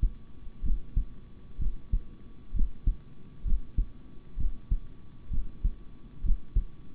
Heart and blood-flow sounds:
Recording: heart sounds by stethoscope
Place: between the tricuspid and mitral areas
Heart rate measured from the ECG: 64 bpm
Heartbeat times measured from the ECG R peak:
0.62 s: heartbeat
1.58 s: heartbeat
2.53 s: heartbeat
3.44 s: heartbeat
4.37 s: heartbeat
5.30 s: heartbeat
6.22 s: heartbeat
From the record:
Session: rest, sitting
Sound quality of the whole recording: good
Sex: male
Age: 26 years

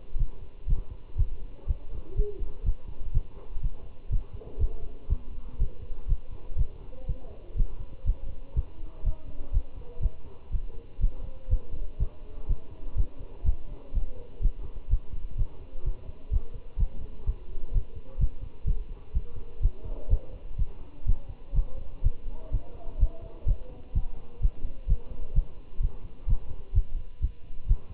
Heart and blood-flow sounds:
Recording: heart sounds by stethoscope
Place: between the tricuspid and mitral areas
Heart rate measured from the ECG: 124 bpm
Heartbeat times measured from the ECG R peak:
0.19 s: heartbeat
0.69 s: heartbeat
1.18 s: heartbeat
1.68 s: heartbeat
2.17 s: heartbeat
2.66 s: heartbeat
3.14 s: heartbeat
3.63 s: heartbeat
4.12 s: heartbeat
4.60 s: heartbeat
5.10 s: heartbeat
5.60 s: heartbeat
6.09 s: heartbeat
6.58 s: heartbeat
7.08 s: heartbeat
7.58 s: heartbeat
8.07 s: heartbeat
8.57 s: heartbeat
9.06 s: heartbeat
9.54 s: heartbeat
10.03 s: heartbeat
10.52 s: heartbeat
11.02 s: heartbeat
11.51 s: heartbeat
12.00 s: heartbeat
12.49 s: heartbeat
12.97 s: heartbeat
13.46 s: heartbeat
13.95 s: heartbeat
14.43 s: heartbeat
14.91 s: heartbeat
15.39 s: heartbeat
15.86 s: heartbeat
16.33 s: heartbeat
16.79 s: heartbeat
17.27 s: heartbeat
17.74 s: heartbeat
18.20 s: heartbeat
18.67 s: heartbeat
19.15 s: heartbeat
19.63 s: heartbeat
20.11 s: heartbeat
20.59 s: heartbeat
21.08 s: heartbeat
21.56 s: heartbeat
22.04 s: heartbeat
22.53 s: heartbeat
23.01 s: heartbeat
23.48 s: heartbeat
23.96 s: heartbeat
24.43 s: heartbeat
24.89 s: heartbeat
25.36 s: heartbeat
25.83 s: heartbeat
26.29 s: heartbeat
26.75 s: heartbeat
27.23 s: heartbeat
27.69 s: heartbeat
From the record:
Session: Bruce protocol treadmill stress test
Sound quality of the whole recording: good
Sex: male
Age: 25 years

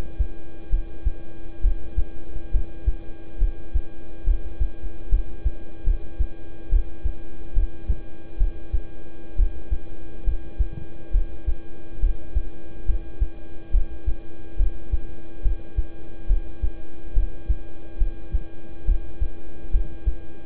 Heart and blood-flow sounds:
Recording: heart sounds by stethoscope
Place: between the tricuspid and mitral areas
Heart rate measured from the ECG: 69 bpm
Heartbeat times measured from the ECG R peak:
0.70 s: heartbeat
1.61 s: heartbeat
2.51 s: heartbeat
3.38 s: heartbeat
4.24 s: heartbeat
5.09 s: heartbeat
5.84 s: heartbeat
6.69 s: heartbeat
7.53 s: heartbeat
8.37 s: heartbeat
9.36 s: heartbeat
10.24 s: heartbeat
11.11 s: heartbeat
12.00 s: heartbeat
12.86 s: heartbeat
13.71 s: heartbeat
14.57 s: heartbeat
15.42 s: heartbeat
16.27 s: heartbeat
17.13 s: heartbeat
17.98 s: heartbeat
18.85 s: heartbeat
19.71 s: heartbeat
From the record:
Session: rest, lying down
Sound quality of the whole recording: good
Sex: male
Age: 26 years

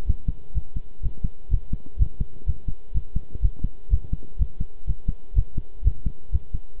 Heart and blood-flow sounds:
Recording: heart sounds by stethoscope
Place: between the tricuspid and mitral areas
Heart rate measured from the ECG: 125 bpm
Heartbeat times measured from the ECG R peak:
0.06 s: heartbeat
0.54 s: heartbeat
1.02 s: heartbeat
1.50 s: heartbeat
1.98 s: heartbeat
2.46 s: heartbeat
2.94 s: heartbeat
3.42 s: heartbeat
3.90 s: heartbeat
4.38 s: heartbeat
4.86 s: heartbeat
5.35 s: heartbeat
5.84 s: heartbeat
6.32 s: heartbeat
6.80 s: heartbeat
From the record:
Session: pedaling a stationary bicycle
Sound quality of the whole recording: good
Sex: male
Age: 23 years

